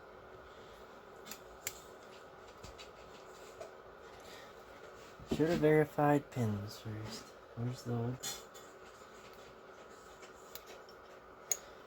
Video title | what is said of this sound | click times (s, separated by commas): [EP23] 88-98 CHEVY LB7 NV4500 - More wiring and clutch updates/issues pt1 | There it goes. Did you hear it click? | 11.5 s